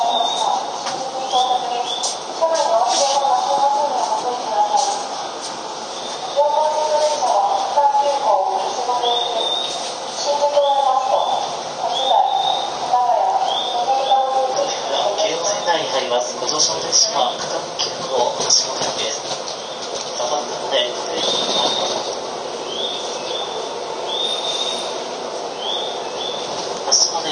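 A Keio 5000 series train on the run from Motoyawata to Hashimoto, with a steady, even level of sound throughout. A murmur of voices runs through the whole stretch, and short, high chirping tones repeat every second or two, mostly in the first fifteen seconds.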